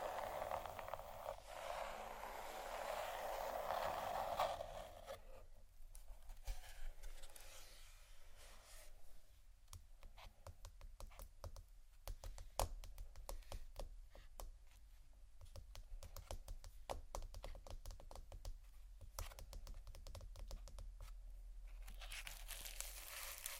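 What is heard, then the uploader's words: Crystals and quartz pieces click and rattle in quick, dense taps, after a brief steady hiss in the opening seconds. ASMR Prisms, Crystals, Diamonds', Quartz (No Talking).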